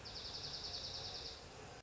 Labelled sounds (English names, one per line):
Dark-eyed Junco